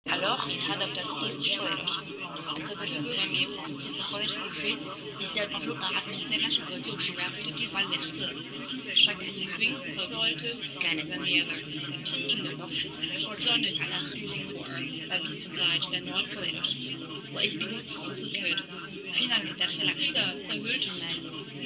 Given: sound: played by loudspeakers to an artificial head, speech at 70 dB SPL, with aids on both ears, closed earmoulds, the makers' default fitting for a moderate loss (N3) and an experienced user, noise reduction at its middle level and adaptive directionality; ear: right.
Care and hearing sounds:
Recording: speech test signal (ISTS) in cocktail-party noise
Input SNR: -6 dB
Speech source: on the right (90 degrees)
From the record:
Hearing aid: class 1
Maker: C

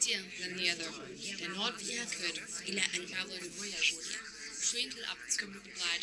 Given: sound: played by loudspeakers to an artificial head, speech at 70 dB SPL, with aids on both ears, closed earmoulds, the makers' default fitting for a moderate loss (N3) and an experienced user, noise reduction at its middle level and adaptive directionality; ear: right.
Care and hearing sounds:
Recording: speech test signal (ISTS) in cocktail-party noise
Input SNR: 0 dB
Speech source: in front (0 degrees)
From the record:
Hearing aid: class 1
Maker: H

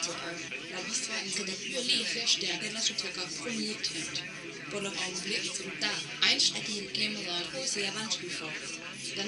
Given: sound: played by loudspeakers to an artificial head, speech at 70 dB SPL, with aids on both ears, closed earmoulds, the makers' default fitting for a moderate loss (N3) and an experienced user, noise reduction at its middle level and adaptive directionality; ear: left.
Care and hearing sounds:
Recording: speech test signal (ISTS) in cocktail-party noise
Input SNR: +3 dB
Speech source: on the right (90 degrees)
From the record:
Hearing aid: class 1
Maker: B

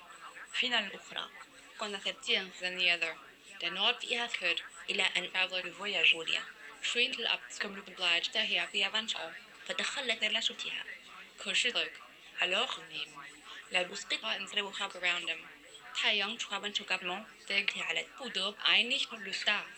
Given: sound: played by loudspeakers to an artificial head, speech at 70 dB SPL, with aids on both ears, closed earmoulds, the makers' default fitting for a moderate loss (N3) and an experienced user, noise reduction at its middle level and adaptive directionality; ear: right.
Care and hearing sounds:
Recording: speech test signal (ISTS) in cocktail-party noise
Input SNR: +3 dB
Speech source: in front (0 degrees)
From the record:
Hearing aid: class 1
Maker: I

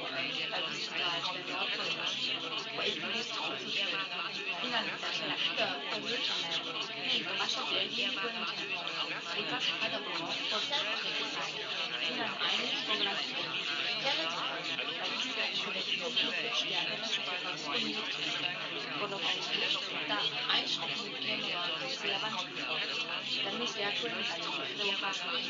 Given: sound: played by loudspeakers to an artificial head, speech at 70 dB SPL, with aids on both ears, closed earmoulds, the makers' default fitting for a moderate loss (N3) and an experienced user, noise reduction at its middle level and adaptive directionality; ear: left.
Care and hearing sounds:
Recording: speech test signal (ISTS) in cocktail-party noise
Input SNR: -3 dB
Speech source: on the right (90 degrees)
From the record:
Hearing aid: class 1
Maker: G

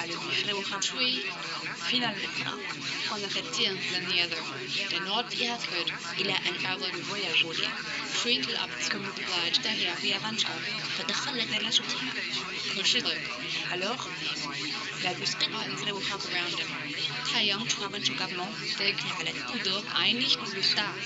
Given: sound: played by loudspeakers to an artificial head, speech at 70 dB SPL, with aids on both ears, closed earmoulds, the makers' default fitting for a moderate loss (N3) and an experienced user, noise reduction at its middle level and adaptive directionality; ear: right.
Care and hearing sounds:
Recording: speech test signal (ISTS) in cocktail-party noise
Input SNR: -3 dB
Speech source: on the right (90 degrees)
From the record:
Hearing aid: class 1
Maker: A

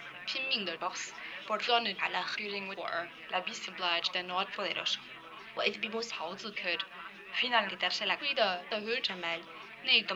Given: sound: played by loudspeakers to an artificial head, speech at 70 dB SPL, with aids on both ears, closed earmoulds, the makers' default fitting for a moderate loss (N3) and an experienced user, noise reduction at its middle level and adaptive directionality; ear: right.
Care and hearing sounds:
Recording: speech test signal (ISTS) in cocktail-party noise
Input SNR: +6 dB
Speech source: on the right (90 degrees)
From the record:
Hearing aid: class 1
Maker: F

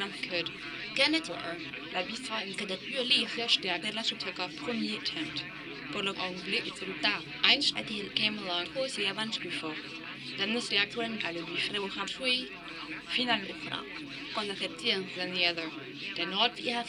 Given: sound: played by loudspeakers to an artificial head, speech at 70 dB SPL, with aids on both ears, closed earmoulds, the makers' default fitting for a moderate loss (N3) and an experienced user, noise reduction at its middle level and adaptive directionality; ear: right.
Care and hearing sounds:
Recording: speech test signal (ISTS) in cocktail-party noise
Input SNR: +3 dB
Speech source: on the right (90 degrees)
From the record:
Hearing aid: class 2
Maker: D

